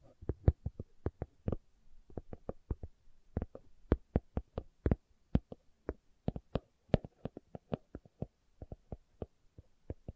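Slow tapping, sharp dry taps arriving in loose, uneven bursts and pauses, each a crisp click with a soft low thud underneath.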